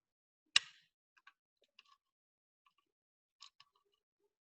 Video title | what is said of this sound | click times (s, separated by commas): Maker Lab - How to build your mBot - June 8th | cable is going to come up and around and click right in so | 0.6 s